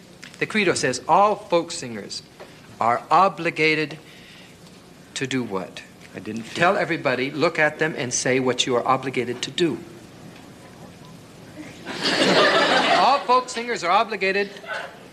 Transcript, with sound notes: the credo says all folk singers are obligated to do what?
I didn't...
Tell everybody. Look at them, and say what you are obligated to do.
(LAUGHTER)
All folk singers are obligated...